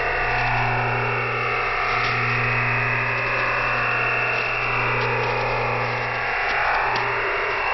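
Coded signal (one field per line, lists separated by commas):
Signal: digital SSTV (DRM)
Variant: EasyDRF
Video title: Shortwave Radiogram EasyDRF Part 2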